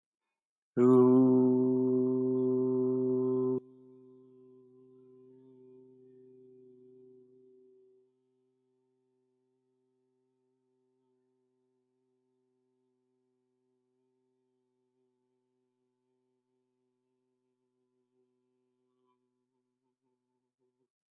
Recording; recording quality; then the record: sustained vowel as in boot; excellent, no background noise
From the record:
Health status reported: respiratory illness, not identified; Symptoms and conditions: asthma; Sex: male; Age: 23 years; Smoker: not ticked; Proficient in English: yes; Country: India